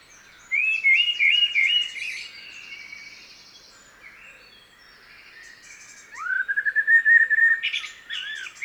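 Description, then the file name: Common blackbird singing a flowing warble, then after a quiet gap a rising phrase that holds a trembling note, with high twitters above. "Turdus merula"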